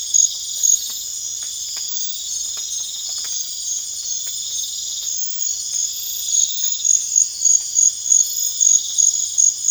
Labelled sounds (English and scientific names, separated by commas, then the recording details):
none
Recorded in pastures near Puerto Asís, Putumayo, Colombia, on 25 June 2025 at 01:30
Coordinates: 0.502, -76.324
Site G010